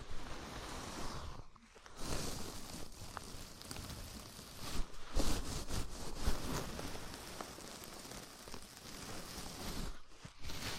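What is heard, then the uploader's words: A scalp massage: dense, crackly rustling of fingers working through hair, steady and bright like fine rain on a surface. The scratching comes in brief bursts with short pauses, a clear dip near two seconds and again around ten, plus a few sharper scrapes near five seconds. ASMR Sleepy Scalp Massage (No Talking).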